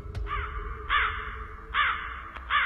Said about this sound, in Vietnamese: Từ đằng sau có con quạ đen từ trong bụi cây nhào ra, kêu lên những tiếng thẳng thốt.